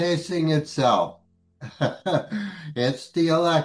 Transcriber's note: laughs